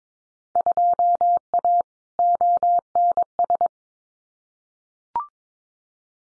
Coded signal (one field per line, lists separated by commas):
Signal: Morse code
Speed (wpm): 22 wpm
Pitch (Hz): 700 Hz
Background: none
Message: 2A ONS